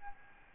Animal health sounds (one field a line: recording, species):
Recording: mosquito wingbeat signal from an infrared sensor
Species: Aedes albopictus